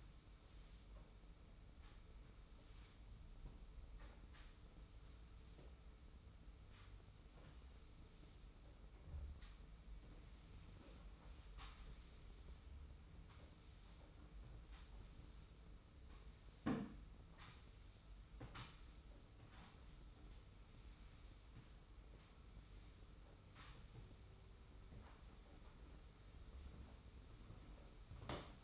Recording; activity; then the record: daily activity, microphone in the room; sweep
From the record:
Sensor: 1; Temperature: 25.3 degrees Celsius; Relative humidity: 41.5%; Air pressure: 991.4 hPa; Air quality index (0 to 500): 127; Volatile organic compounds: 318 ppm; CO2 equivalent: 4520 ppm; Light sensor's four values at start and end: 43/131/52/54 and 42/130/51/53